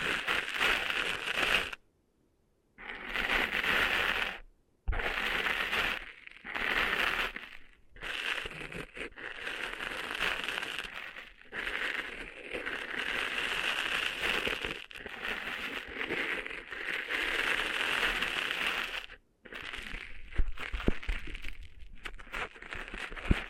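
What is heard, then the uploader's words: Cleaning sand out of the ears makes a dense, scratchy crackling and rustling that comes in bursts of a second to several seconds. Short silent gaps break it up, the longest near two seconds and a brief one around nineteen seconds. ASMR Cleaning Sand Out of Your Ears (No Talking).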